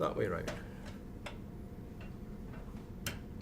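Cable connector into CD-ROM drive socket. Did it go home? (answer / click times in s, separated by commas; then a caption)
yes / 3.1 s. A keyed cable connector, turned the right way around so its pin-one key matches the key on a CD-ROM drive, is pushed onto the drive's socket while someone talks. Faint ticks are heard at about 1.3 s and 2.0 s. A sharp, bright click at 3.1 s marks the connector seating in place.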